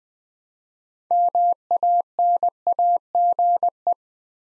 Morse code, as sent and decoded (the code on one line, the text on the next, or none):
-- .- -. .- --. .
MANAGE